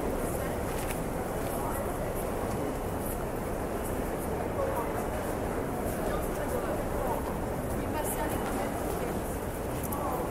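Ambience inside a train station, dominated by a steady, dense low rumble that holds level for the whole stretch. A murmur of voices blends into the background, and faint high clicks and squeaks surface now and then, especially near the start and end.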